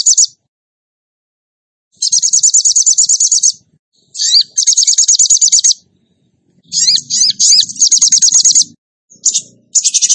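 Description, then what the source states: Bird song in rapid, high, buzzy trills separated by short silences, some opening with sharp upswept notes. Masteran training recording for birds, featuring song in the gacor tembakan style.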